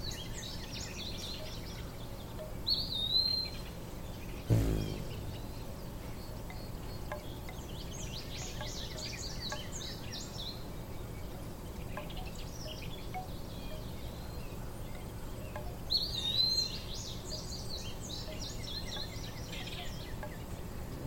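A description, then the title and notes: Bright bird chirps and twittering calls come in short bursts around three, eight, ten and sixteen seconds over a steady low outdoor hum. A single sharp knock or clack sounds near four and a half seconds, then rings briefly. A Summer Day in the Midwest with Hummingbirds & Bamboo Chimes. The sun hangs high in the sky, casting a warm, golden glow over the landscape. The bamboo chimes hanging on the porch sway gently in the breeze, producing a soothing, rhythmic tinkling that blends seamlessly with the natural orchestra.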